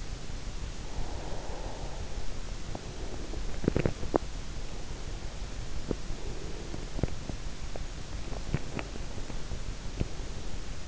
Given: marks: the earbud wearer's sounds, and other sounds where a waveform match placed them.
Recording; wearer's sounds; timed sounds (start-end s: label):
sounds in sleep by an in-ear microphone; breath, teeth grinding
0.55-3.47 s: breath
3.47-4.64 s: teeth grinding
5.76-7.19 s: breath
6.73-9.12 s: teeth grinding
8.41-10.88 s: breath